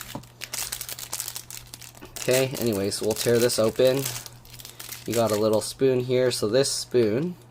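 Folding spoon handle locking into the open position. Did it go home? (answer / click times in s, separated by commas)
no / none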